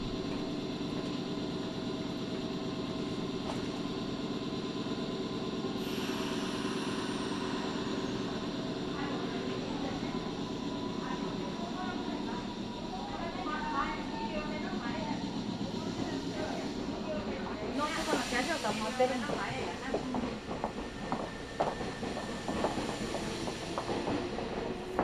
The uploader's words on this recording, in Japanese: 耳で楽しむ鉄道旅 南海電鉄南海線 普通 泉佐野→箱作。